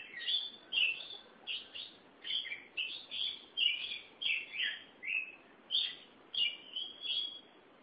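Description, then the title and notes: Oriental magpie-robin song: a steady run of varied whistled phrases with short gaps between them. Chirping song (kicauan) of the bird. "Suara Kicauan Burung Kacer Durasi Panjang. Suara kicauan burung kacer format mp3 durasi panjang"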